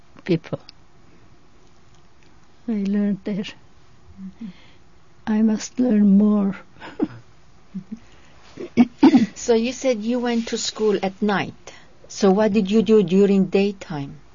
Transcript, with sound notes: people. I learned there. I must learn more. (she laughs)
So you said you went to school at night. So what did you do during day time?